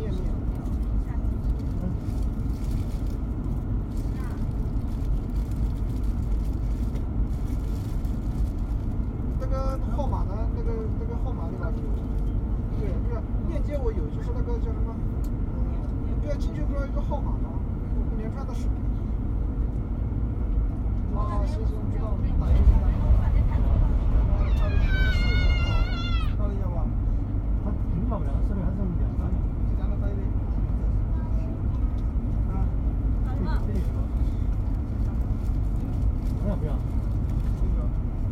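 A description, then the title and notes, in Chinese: Inside a moving train, a deep, steady rumble runs the whole time while soft, murmured voices drift in and out. Around the middle the rumble swells slightly, and a brief high, wavering squeal rises and fades near twenty-five seconds. 火车旅行。上一趟年代久远的火车。地点：火车上。各种耳语迎面铺来。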